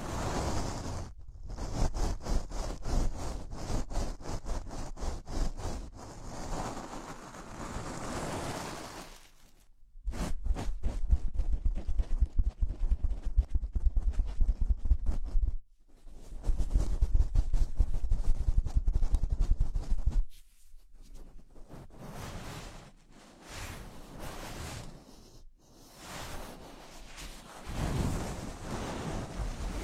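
Gloves are rubbed and handled, one kind after another, with short pauses near 1, 10, 15, 20 and 25 seconds marking each change. The middle sections crackle loudly and rapidly, while the others sound softer, like a smooth, hissing swish.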